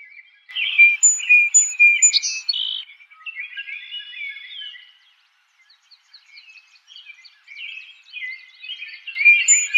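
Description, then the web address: Song Sparrow song: a loud phrase of varied chirps and buzzes, a pause, then softer twittering and another loud burst at the end. Recorded 4 January 2007. "Song Sparrow 2007 01 04"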